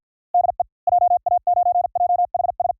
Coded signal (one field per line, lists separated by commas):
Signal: Morse code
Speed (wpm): 53 wpm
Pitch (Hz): 750 Hz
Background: none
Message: DE JA9JHS